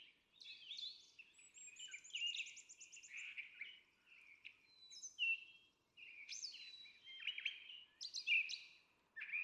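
Brown Thrasher pouring out varied phrases: a fast high trill, slurred whistles and sharp chirps, with faint background noise.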